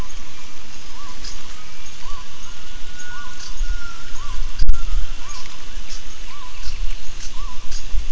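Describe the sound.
Gibbon call: a steady series of short arched notes, each rising then falling, over heavy low rumbling background noise.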